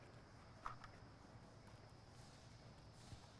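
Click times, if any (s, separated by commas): 0.7 s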